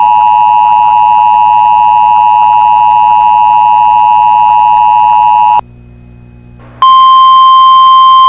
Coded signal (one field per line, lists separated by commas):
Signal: Emergency Alert System (SAME) tones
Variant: 853 and 960 Hz attention tone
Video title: [EAS Compilation] 2024 Minnesota Statewide Tornado Drill (Evening Drill)